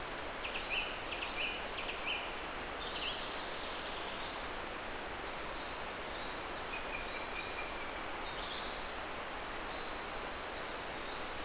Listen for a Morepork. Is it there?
no